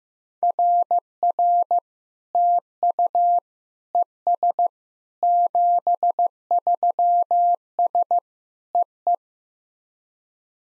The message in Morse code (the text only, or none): RR TU ES 73S EE